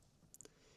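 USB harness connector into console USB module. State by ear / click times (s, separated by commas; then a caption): seated / 0.3 s, 0.4 s. The first end of a USB harness plug is pushed into the console USB module port of a Fisker Ocean. Sharp, bright clicks snap at 0.3 s and 0.4 s, followed by a softer tick just after, over a quiet background. The connector ends up fully seated.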